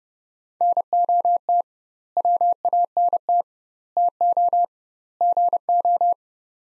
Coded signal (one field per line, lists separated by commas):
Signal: Morse code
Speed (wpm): 31 wpm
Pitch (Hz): 700 Hz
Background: none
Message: NOT WANT TO GO